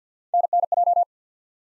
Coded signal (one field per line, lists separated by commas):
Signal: Morse code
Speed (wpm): 52 wpm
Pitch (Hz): 700 Hz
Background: none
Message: NNJ